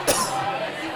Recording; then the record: coughing mixed with background sound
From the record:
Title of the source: Coughing 79